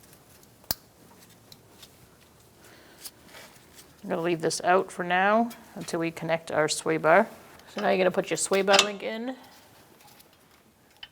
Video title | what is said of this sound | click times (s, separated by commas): How to Replace Front Strut & Spring Assemblies 2012-2018 Ford Focus | Push it on and make sure you hear that click. | 0.7 s